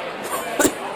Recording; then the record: coughing mixed with background sound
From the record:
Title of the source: 30 Chesty and wet cough